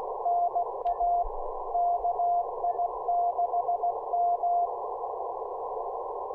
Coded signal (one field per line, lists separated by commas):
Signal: Morse code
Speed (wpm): 16 wpm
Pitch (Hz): 700 Hz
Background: none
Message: NA KI6M